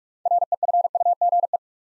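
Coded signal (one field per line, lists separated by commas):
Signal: Morse code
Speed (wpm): 44 wpm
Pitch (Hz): 700 Hz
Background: none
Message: REFUGE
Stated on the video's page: Morse drill at 45 wpm building 6-letter words two letters at a time, for instant character recognition.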